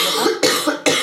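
Three quick, harsh coughs in about one second from an adult woman, one of the terrible coughing fits of her current laryngitis.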